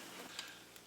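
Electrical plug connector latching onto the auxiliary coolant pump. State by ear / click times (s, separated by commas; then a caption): seated / 0.4 s. Someone snaps the latch of the electrical plug connector into place after reattaching it to the electric auxiliary water pump of a Porsche 944 Turbo. A soft click is heard at 0.4 s, followed by a fainter tick near 0.8 s. The connector is latched and seated, and everything is back in order.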